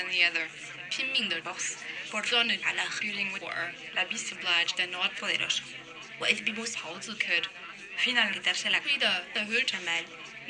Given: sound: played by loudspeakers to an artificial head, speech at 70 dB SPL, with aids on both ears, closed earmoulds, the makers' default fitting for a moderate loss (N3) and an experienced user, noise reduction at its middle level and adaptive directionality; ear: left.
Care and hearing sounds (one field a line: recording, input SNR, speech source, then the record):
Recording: speech test signal (ISTS) in cocktail-party noise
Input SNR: +9 dB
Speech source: in front (0 degrees)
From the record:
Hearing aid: class 2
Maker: G